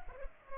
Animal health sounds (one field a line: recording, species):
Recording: mosquito wingbeat signal from an infrared sensor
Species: Culex pipiens